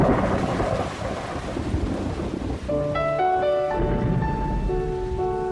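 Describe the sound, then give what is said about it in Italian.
Heavy rain pours down on a Parisian boulevard in a steady, dense hiss with a low rumble underneath; after a few seconds, sustained musical tones enter and play over the continuing downpour, in the opening of the film Venus in Fur. “Una storia che parte con una lunga carrellata su un boulevard parigino in una giornata di grande pioggia, dove affaccia un teatro che sta cercando un'attrice, appunto Lavanda di Venere in pelliccia.”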